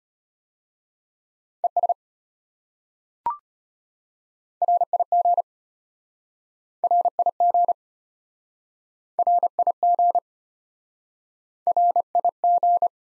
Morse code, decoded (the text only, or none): ES RIG RIG RIG RIG